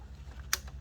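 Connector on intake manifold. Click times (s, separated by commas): 0.5 s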